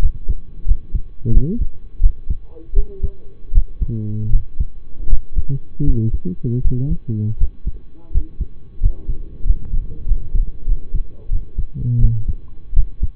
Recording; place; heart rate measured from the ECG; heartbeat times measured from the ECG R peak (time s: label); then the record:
heart sounds by stethoscope; between the tricuspid and mitral areas; 84 bpm
0.65 s: heartbeat
1.32 s: heartbeat
2.00 s: heartbeat
2.74 s: heartbeat
3.52 s: heartbeat
4.30 s: heartbeat
5.07 s: heartbeat
5.84 s: heartbeat
6.61 s: heartbeat
7.37 s: heartbeat
8.11 s: heartbeat
8.79 s: heartbeat
9.44 s: heartbeat
10.05 s: heartbeat
10.66 s: heartbeat
11.30 s: heartbeat
11.99 s: heartbeat
12.73 s: heartbeat
From the record:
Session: rest, lying down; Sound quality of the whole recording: partially saturated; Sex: male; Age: 25 years